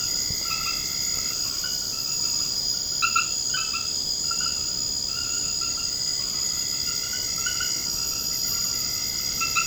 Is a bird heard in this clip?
no